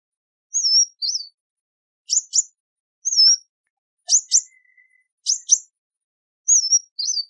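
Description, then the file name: Sunbird calls: high, wavering whistled notes alternate with sharp doubled chips, each phrase separated by short silent gaps; a faint thin tone briefly in the background. "Tieng chim hut mat"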